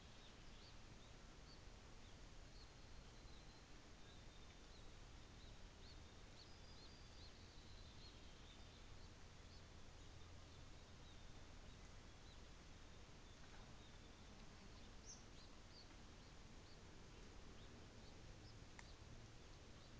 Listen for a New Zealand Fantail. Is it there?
no